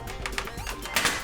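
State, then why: Released. A plastic drive-bay cover on the front of a Cooler Master CM690 Nvidia Edition computer case is pulled out from the bottom, making a few small plastic clicks and creaks. It snaps out at 1.0 s with a loud crack that sounds like breaking, but it is only how the cover pops open, and the cover comes free.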